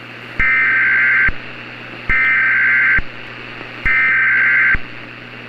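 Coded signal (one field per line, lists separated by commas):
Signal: Emergency Alert System (SAME) tones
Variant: header bursts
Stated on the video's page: Fictional EAS scenario.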